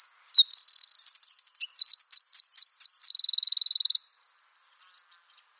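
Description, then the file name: Eurasian wren song: a loud, rapid, high-pitched outpouring of sharp notes and fast rattling trills, with a long buzzy trill near the end and a thin twittering close. "Troglodytes troglodytes"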